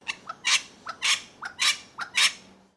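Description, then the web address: Wattlebird giving harsh, raspy calls in paired bursts, a short clipped note then a longer grating one, repeated four times about every half second. "Sound Effects-Foundation 1 BIRD WATTLE BIRD CALL"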